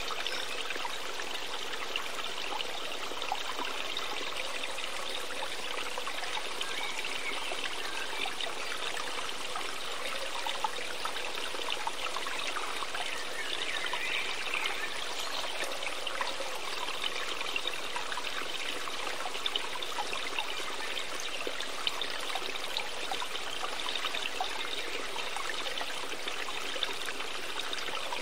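Water trickles and babbles steadily throughout, a dense, bright sound of a small stream that stays even from start to finish.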